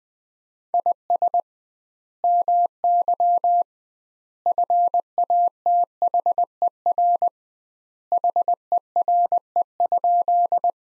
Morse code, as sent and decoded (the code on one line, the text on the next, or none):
.. ... / -- -.-- / ..-. .- - .... . .-. / .... . .-. . ..--..
IS MY FATHER HERE?